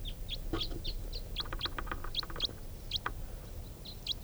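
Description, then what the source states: Crossbill flight calls: sharp high chips in an irregular stream, over a steady low background rumble. Several wild crossbills flying over, moving from one grove to another without stopping.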